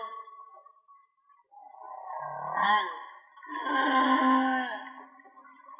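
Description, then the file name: Whale song: a steady tonal moan, then a low grunting sweep, followed by a loud, wavering, harmonic cry that fades out. Linked to a whale and dolphin watching page; mono. "Whale Song-colin"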